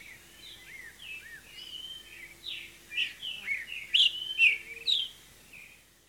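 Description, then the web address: Streaked saltator song, a long run of whistled, slurred notes that grows louder and sharper toward the end, with a faint low steady hum underneath. Ecuador. "Birds of Ecuador Streaked Saltator"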